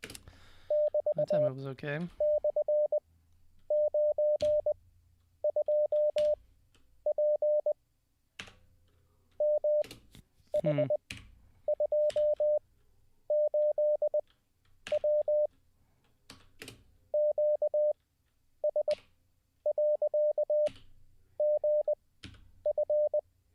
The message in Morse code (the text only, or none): <BT>/92P MH28W QS.GF